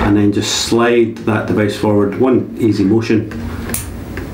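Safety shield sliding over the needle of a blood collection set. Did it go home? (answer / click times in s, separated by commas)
yes / 3.7 s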